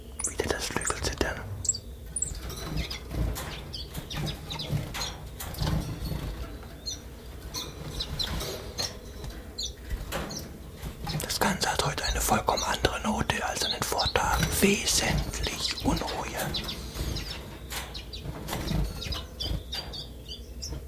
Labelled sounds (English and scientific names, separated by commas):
Common Chiffchaff (Phylloscopus collybita)